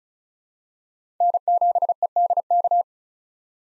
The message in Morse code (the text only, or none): N7EDK